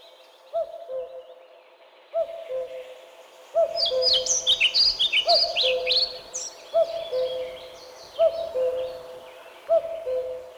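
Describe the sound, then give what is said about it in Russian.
A common cuckoo repeats its low, falling two-note call about seven times at a steady pace, while higher twittering songbirds chatter faintly in the background during the middle stretch. “Ку-ку! Ку-ку! Это кукушка!”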